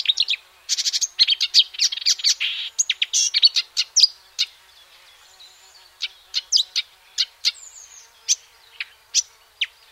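Marsh warbler giving a dense burst of varied, scratchy chattering notes for about four seconds, then scattered single sharp chips and a short thin whistle.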